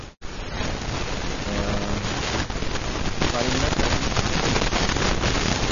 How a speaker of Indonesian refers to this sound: Nek hujan be iki. Alhamdulillah. Nek hujan ya rahmat, barokah.